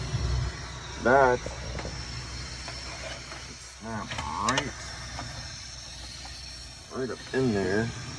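An output card for a GE Fanuc 90-30 PLC is hooked at the top and handled toward its rack base slot while someone talks, with a low background hum and a couple of brief sharp sounds around 1.8 s and 4.6 s. The card has not seated or clicked into the slot yet.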